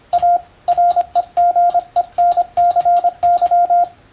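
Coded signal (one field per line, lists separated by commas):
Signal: Morse code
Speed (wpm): 24 wpm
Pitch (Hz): 700 Hz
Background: radio noise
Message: A REGENCY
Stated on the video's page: Morse receiving practice at 125 characters per minute for the first-class radiotelegraph operator exam.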